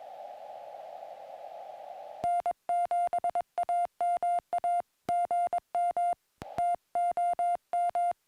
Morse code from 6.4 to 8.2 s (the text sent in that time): TOM